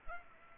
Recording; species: mosquito wingbeat signal from an infrared sensor; Culex pipiens